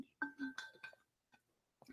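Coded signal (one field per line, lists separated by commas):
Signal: none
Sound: phone call ending tones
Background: speech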